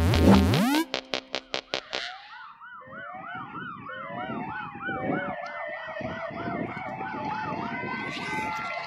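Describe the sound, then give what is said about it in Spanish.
An ambulance siren leading a funeral caravan through the town of Maimará opens with a burst of quick, choppy blasts, then settles into a repeating high wail that swoops up and down steadily over a dense, low rumble of background noise. “Una ambulancia va allá adelante y los hombres y las mujeres y los chicos y las chicas de Maimará en caravana por el pueblo aplaudiéndolo.”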